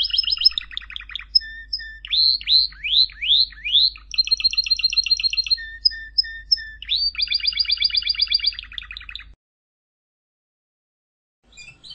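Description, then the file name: Canary song of rapid chirps, sweeping whistled slurs and rolling trills, ending in silence before a few faint notes; a low hum runs beneath. "Canary Voice"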